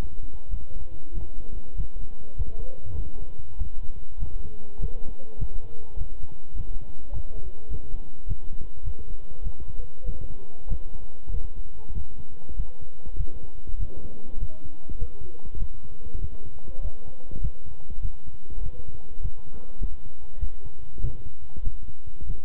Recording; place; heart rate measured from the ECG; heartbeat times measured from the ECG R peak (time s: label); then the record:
heart sounds by stethoscope; between the tricuspid and mitral areas; 99 bpm
0.49 s: heartbeat
1.12 s: heartbeat
1.74 s: heartbeat
2.35 s: heartbeat
2.94 s: heartbeat
3.56 s: heartbeat
4.17 s: heartbeat
4.78 s: heartbeat
5.37 s: heartbeat
5.96 s: heartbeat
6.54 s: heartbeat
7.11 s: heartbeat
7.69 s: heartbeat
8.26 s: heartbeat
8.83 s: heartbeat
9.42 s: heartbeat
10.04 s: heartbeat
10.67 s: heartbeat
11.29 s: heartbeat
11.92 s: heartbeat
12.55 s: heartbeat
13.16 s: heartbeat
13.77 s: heartbeat
14.38 s: heartbeat
14.97 s: heartbeat
15.57 s: heartbeat
16.19 s: heartbeat
16.80 s: heartbeat
17.40 s: heartbeat
18.00 s: heartbeat
18.61 s: heartbeat
19.20 s: heartbeat
19.79 s: heartbeat
20.39 s: heartbeat
20.99 s: heartbeat
21.62 s: heartbeat
22.24 s: heartbeat
From the record:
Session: walking at 3.7 km/h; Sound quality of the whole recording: good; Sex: male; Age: 26 years